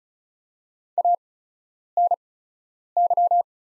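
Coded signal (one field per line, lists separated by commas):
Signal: Morse code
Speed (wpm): 36 wpm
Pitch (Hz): 700 Hz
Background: none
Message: ANY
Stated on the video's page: Farnsworth practice Morse at 35wpm with 8x character spacing, sending the top 300 words.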